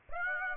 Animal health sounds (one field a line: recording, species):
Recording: mosquito wingbeat signal from an infrared sensor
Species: Aedes aegypti